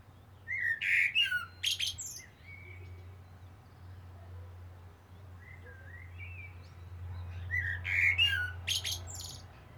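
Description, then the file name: Common blackbird song in two phrases: warbled whistles near the start and again after a long pause, each closing with sharp high squeaks, against a constant low drone. "Turdus merula"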